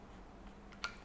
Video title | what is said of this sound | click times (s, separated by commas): Review Tumbler Starbucks Korea Edisi Bunga Hijau | sampai klik tutup sampai klik tuh | 0.8 s